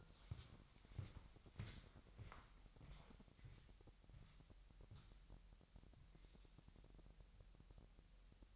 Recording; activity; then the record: daily activity, microphone in the room; walk to room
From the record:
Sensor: 3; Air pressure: 1001.9 hPa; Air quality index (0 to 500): 247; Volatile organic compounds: 48 ppm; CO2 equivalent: 3275 ppm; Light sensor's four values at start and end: 6/11/5/6 and 9/22/9/9